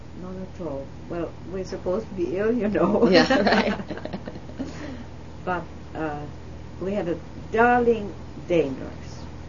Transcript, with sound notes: None at all. Well, we're supposed to be ill, you know. ( they laugh ) But we had a darling day nurse.